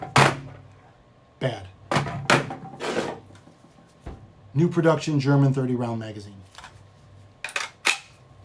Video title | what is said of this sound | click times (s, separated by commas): Century AP53 (HK53) - Dakota Tactical Complete Dissection | Pops right in. | 7.9 s